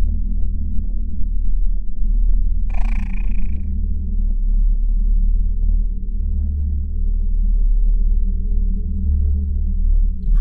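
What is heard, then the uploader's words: A dense, steady low rumble and hum fills the scene, with a constant murmur and faint flickering texture above it. Around the third second a brief, bright warbling cry rises out of the drone and fades within about a second. Alien planet | Exoplanet Ambience.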